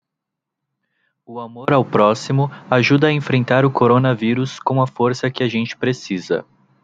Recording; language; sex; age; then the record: spoken sentence; Brazilian Portuguese; male; 20 to 29 years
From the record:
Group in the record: control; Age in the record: 27 years